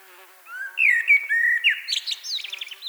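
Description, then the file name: Common blackbird song: smooth, low whistled notes sliding up and down, then a quick run of high, squeaky twittering. "Turdus merula"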